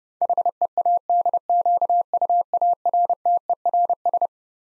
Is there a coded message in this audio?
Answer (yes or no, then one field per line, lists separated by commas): yes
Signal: Morse code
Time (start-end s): 0.2-4.3 s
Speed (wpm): 32 wpm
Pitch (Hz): 700 Hz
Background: none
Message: HEADQUARTERS